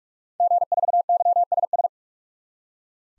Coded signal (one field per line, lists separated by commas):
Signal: Morse code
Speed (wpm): 45 wpm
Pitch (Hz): 700 Hz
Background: none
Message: G4YSS